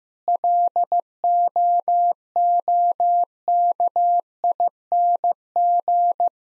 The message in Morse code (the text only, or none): LOOKING